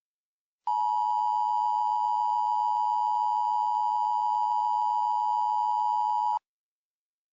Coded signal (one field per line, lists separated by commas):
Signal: Emergency Alert System (SAME) tones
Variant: 853 and 960 Hz attention tone